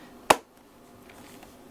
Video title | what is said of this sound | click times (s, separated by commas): How to Use a Bissell Carpet Cleaner: Step-by-Step Guide with OxiClean Tips for Tough Stains! | just clicks into place | 0.3 s